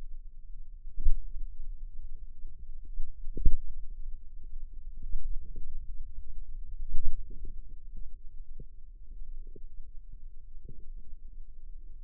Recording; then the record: forearm muscle sounds (acoustic myography)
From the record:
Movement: finger pinch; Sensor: system 2, bracelet of six BSWA MPA416 microphones around the upper forearm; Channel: 2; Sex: female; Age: 22 years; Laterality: right